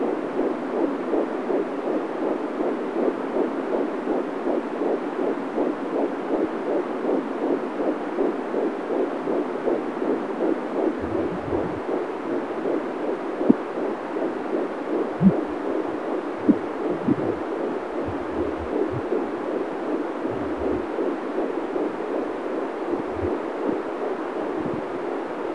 Heart Beat.